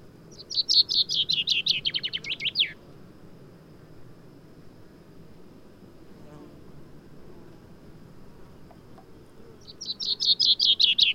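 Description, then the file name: Common chaffinch with one rattling, descending song phrase ending in a flourish, then a long quiet gap before a second song starts near the end. "Fringilla coelebs"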